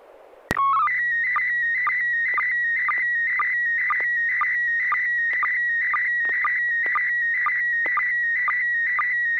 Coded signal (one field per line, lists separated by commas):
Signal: SSTV (slow-scan television)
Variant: PD 120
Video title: N6NA SSTV Net - 12/29/2021